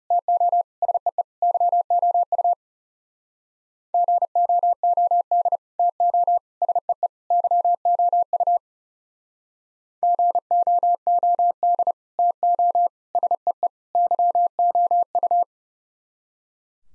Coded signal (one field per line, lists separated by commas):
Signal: Morse code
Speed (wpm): 38 wpm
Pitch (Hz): 700 Hz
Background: none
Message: TO SEE YOU GOOD TO SEE YOU GOOD TO SEE YOU